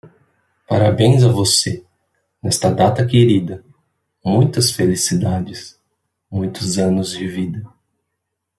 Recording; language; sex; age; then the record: short text; Brazilian Portuguese; male; 20 to 29 years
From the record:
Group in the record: control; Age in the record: 23 years